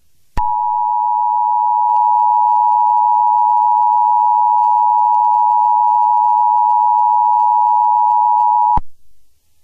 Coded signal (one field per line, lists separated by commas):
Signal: Emergency Alert System (SAME) tones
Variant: 853 and 960 Hz attention tone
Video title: EAS SCENARIO - WW3